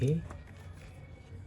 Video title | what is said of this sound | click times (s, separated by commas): MOBIL MENDADAK OVERHEAT!!! Ternyata masalahnya sepele | Ada bunyi klik kalau klipnya kalian masih bagus. Kalau ini klipnya udah jelek sih. | none